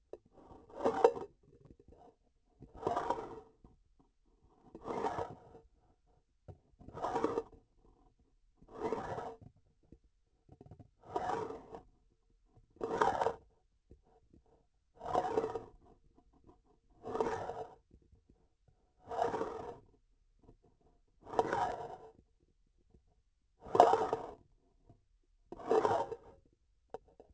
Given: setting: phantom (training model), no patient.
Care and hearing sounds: laparoscopic instrument, vibration sensor on the handle end; grasping forceps; approaching and retracting movements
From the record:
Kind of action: spatial motion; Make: Olympus

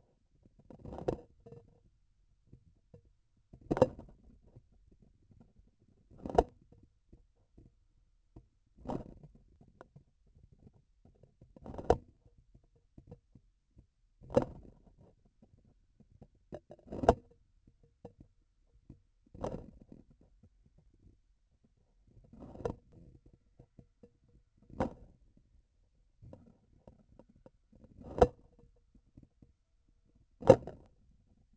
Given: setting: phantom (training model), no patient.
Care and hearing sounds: laparoscopic instrument, vibration sensor on the handle end; grasping forceps; opening and closing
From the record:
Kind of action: tool actuation without material contact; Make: Olympus

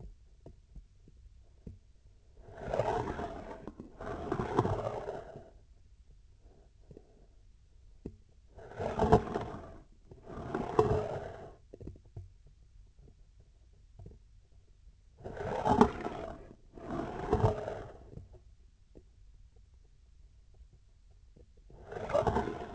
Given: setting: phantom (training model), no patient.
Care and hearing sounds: laparoscopic instrument, vibration sensor on the handle end; scissors; approaching and retracting movements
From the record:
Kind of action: spatial motion

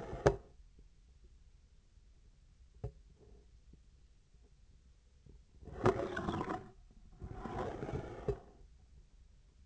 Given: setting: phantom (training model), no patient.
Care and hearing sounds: laparoscopic instrument, vibration sensor on the handle end; scissors; approaching and retracting movements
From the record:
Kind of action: spatial motion

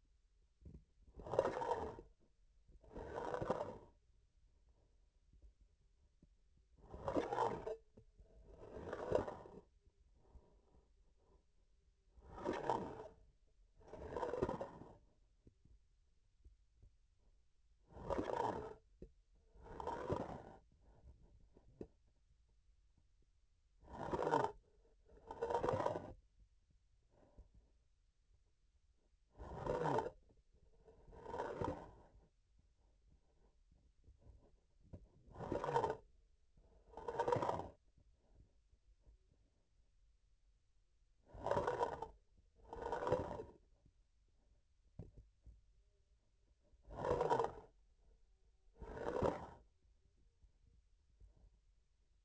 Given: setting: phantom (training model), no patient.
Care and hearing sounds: laparoscopic instrument, vibration sensor on the handle end; grasping forceps; approaching and retracting movements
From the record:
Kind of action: spatial motion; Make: other than Olympus

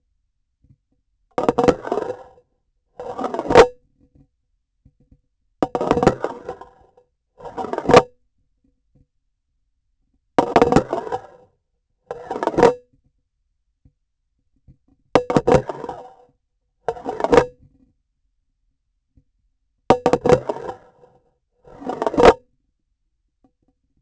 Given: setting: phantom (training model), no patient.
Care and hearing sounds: laparoscopic instrument, vibration sensor on the handle end; grasping forceps; insertion and removal through the trocar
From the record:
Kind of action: spatial motion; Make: Olympus

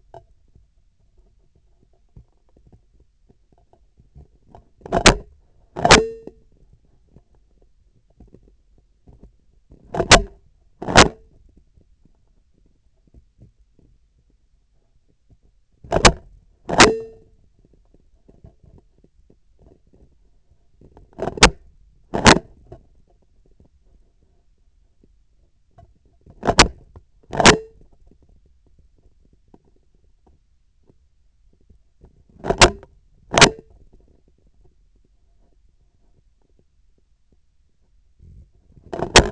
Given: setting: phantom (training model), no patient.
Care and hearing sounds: laparoscopic instrument, vibration sensor on the handle end; scissors; opening and closing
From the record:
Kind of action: tool actuation without material contact

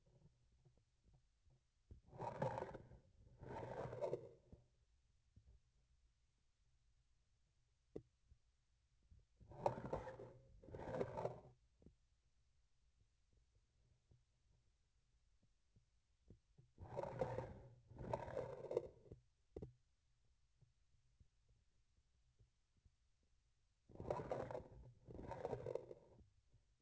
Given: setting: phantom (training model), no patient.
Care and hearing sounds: laparoscopic instrument, vibration sensor on the handle end; grasping forceps; approaching and retracting movements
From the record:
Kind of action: spatial motion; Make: other than Olympus

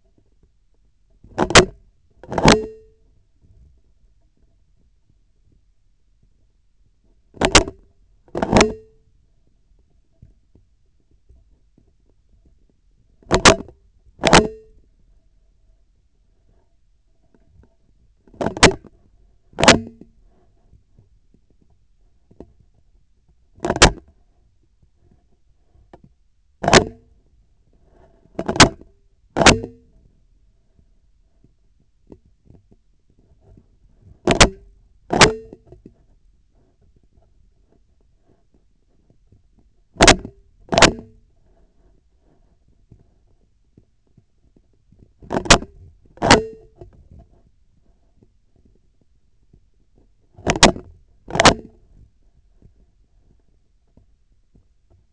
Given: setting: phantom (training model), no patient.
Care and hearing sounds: laparoscopic instrument, vibration sensor on the handle end; scissors; opening and closing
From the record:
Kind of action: tool actuation without material contact

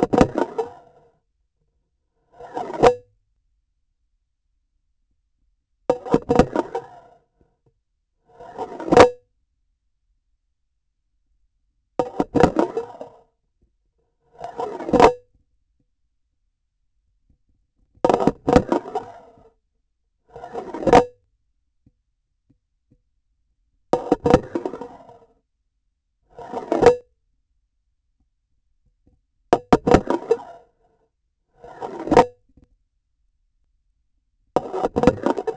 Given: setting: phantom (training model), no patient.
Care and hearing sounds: laparoscopic instrument, vibration sensor on the handle end; grasping forceps; insertion and removal through the trocar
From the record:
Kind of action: spatial motion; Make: Olympus

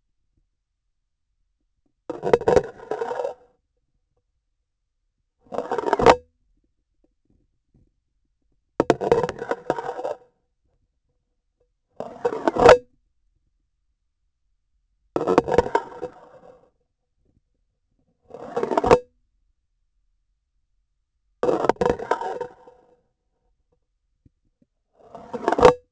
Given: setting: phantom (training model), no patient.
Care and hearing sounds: laparoscopic instrument, vibration sensor on the handle end; grasping forceps; insertion and removal through the trocar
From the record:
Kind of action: spatial motion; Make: Olympus

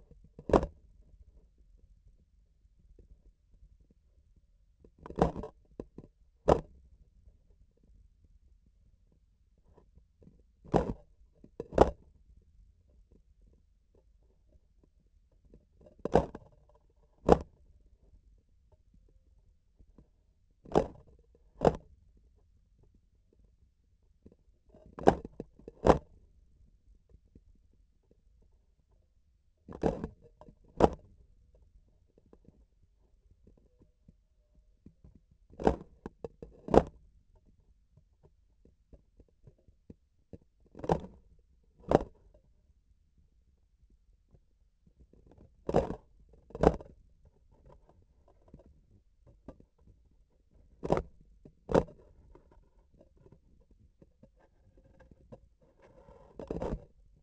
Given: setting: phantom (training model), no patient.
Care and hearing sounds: laparoscopic instrument, vibration sensor on the handle end; grasping forceps; opening and closing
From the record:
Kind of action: tool actuation without material contact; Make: other than Olympus

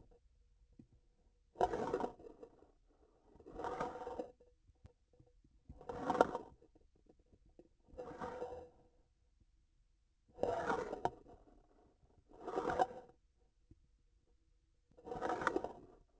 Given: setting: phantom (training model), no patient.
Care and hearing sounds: laparoscopic instrument, vibration sensor on the handle end; grasping forceps; approaching and retracting movements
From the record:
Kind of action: spatial motion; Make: Olympus

